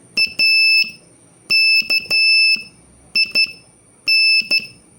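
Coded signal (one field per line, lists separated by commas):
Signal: Morse code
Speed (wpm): 12 wpm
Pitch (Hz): 2650 Hz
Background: none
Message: AKIN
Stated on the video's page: Beginner Morse practice drill adding R and K to earlier letters, sending three- and four-letter words.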